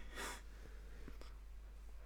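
A single short, hissing burst of air lasting about a quarter second, then a few faint clicks against a low background hum in a small room. It is one muffled sneeze from an adult, a common reflex to clear the nose.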